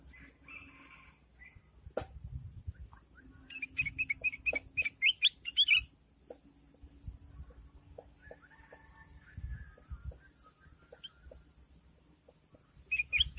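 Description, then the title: Sooty-headed bulbul song: a lively cluster of warbled chirps in the middle, with scattered clicks, faint other notes and low background rumble. "Suara Burung Kutilang"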